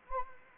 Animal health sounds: mosquito wingbeat signal from an infrared sensor; Anopheles arabiensis

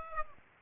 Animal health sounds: mosquito wingbeat signal from an infrared sensor; Aedes aegypti

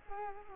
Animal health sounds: mosquito wingbeat signal from an infrared sensor; Culex quinquefasciatus

